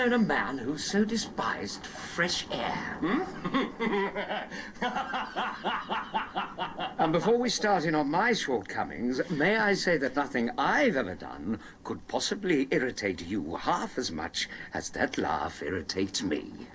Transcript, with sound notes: never known a man who so despised fresh air!
(Laughs boisterously) And before we start in on my shortcomings, may I say that nothing I've ever done could possible irritate you half as much as that laugh irritates me!